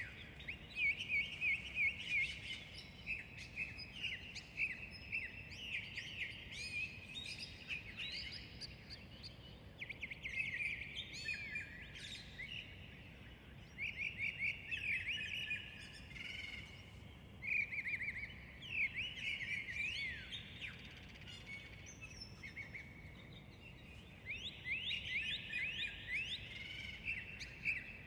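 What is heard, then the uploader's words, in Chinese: Birdsong fills the early morning as a city begins to wake, with many birds chirping and trilling in dense, overlapping bright calls throughout. Beneath them runs a steady low rumble of traffic, and the chorus swells and eases in waves every few seconds. 城市初啼。黑夜中醒来，耳边是一群小鸟的欢叫。凌晨5点27分，让我们倾听鸟鸣和城市初醒。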